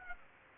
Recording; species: mosquito wingbeat signal from an infrared sensor; Aedes aegypti